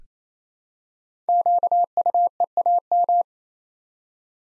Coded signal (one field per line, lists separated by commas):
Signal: Morse code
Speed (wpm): 27 wpm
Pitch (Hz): 700 Hz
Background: none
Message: QUEAM